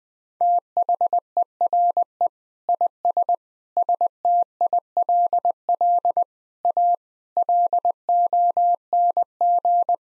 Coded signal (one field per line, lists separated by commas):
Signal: Morse code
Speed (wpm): 20 wpm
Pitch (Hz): 700 Hz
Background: none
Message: THERE IS STILL A LONG